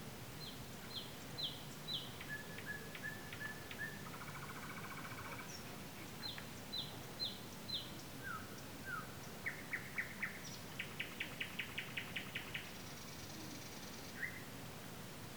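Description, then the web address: Nightingale song in varied phrases: runs of sharp repeated high notes, a low churring rattle, then a fast series of loud rhythmic clicks, over steady background hiss. Recorded 15 May 2022. "slowik-spiew-slowika-15052022"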